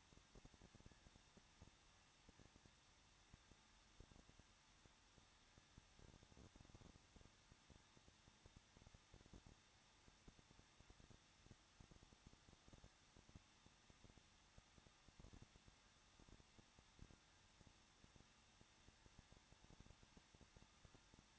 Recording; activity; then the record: daily activity, microphone in the room; no activity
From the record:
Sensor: 3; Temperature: 21.2 degrees Celsius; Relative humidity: 36.2%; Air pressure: 1006.5 hPa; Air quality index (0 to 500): 220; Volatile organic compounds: 39 ppm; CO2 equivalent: 3128 ppm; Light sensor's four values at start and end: 2/3/2/2 and 2/3/2/2